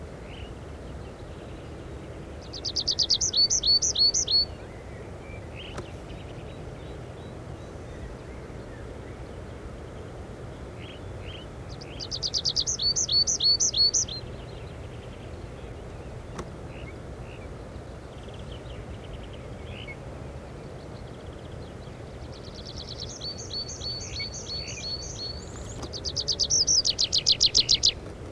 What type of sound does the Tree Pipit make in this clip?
song